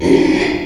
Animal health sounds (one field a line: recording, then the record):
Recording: squeal of a Yucatan mini pig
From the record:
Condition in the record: after surgery on the right vocal fold (resection and tissue-engineered implant)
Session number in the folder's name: 2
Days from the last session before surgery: 13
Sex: male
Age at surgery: 12 weeks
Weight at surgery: 13 kg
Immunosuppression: cyclosporine, prednisolone